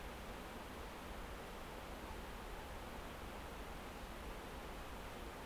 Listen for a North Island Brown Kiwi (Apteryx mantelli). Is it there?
no